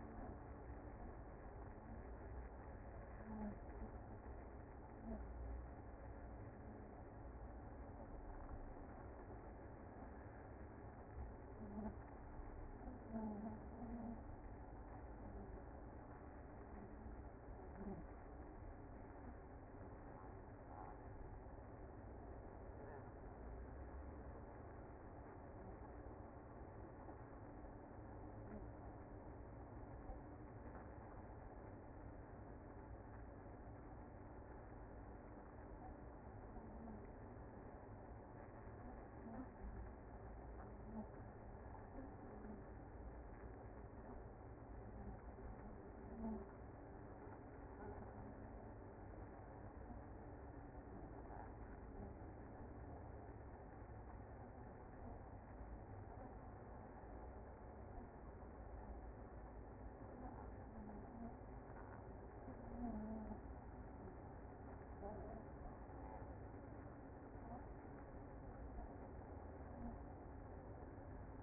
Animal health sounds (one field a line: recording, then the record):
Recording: honeybee colony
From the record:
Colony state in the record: active